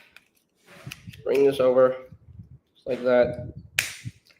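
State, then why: Seated. A part of a plastic toy figure is swung over and pressed home into its slot on the figure body while someone talks. It gives one sharp, loud snap at 3.8 seconds as the part clicks into place.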